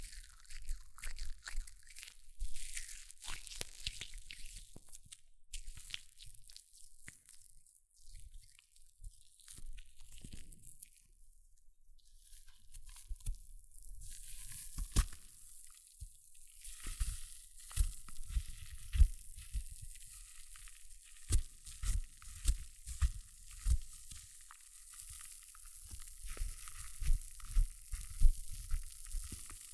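Hair mousse fizzes in a steady bright hiss thick with tiny crackles, while soft low bumps and rustles grow busier after the midpoint.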